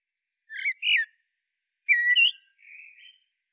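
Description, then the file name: Common blackbird song: two rich fluted notes, a pause, then a whistled phrase ending in a thinner, quieter, drawn-out note. "Turdus merula"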